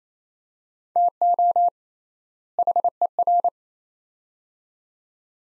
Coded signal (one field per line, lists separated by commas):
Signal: Morse code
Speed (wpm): 28 wpm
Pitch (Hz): 700 Hz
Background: none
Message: TO HER